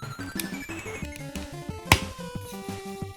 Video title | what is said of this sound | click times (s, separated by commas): This is not a Speedy Review! YoloPark AMC Samurai Pizza Cats review & cosy build/longplay 🥷 🍕 🐱 | The nice satisfying click. | 1.9 s